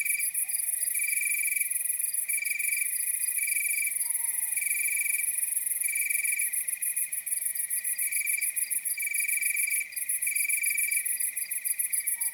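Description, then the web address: Crickets chirp in repeated short bursts over a continuous high-pitched pulsing trill; a soft sliding tone appears briefly. Nocturnal wasteland at night. "Nature Chill Out 2014. Toads, Nighthawks and Crickets"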